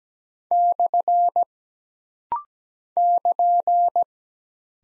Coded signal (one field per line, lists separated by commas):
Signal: Morse code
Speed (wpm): 17 wpm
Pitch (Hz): 700 Hz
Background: none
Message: / <KN>